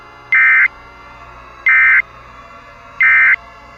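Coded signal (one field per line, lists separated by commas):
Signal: Emergency Alert System (SAME) tones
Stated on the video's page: Simulated EAS scenario, fictional.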